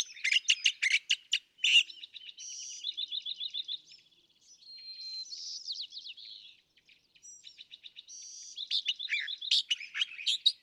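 California thrasher singing a jumbled, varied series of loud raspy bursts and quick rapid trills. Short pauses separate the changing phrases.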